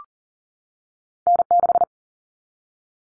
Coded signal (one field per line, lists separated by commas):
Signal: Morse code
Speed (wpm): 40 wpm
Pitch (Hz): 700 Hz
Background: none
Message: N6